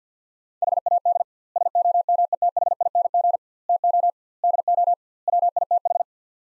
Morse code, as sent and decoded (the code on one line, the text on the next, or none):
.... .- -.. / ... --- -- . - .... .. -. --. / - --- / -.. --- / .-- .. - ....
HAD SOMETHING TO DO WITH